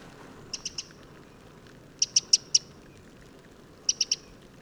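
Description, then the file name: Eurasian wren calls: sharp, high ticking notes in three short bursts of three or four clicks each, separated by brief pauses, with faint low background noise. "Troglodytes troglodytes"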